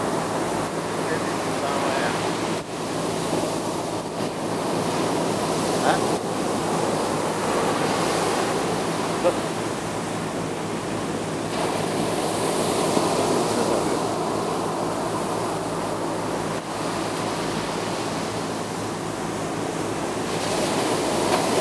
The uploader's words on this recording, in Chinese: 宜蘭竹安海灘。海浪、漁船工作、對話。設備：Tascam DR-40x。晚間約八點鐘左右到達，海岸附近有不少漁船正在作業，因此具有節奏感的低沉引擎聲響。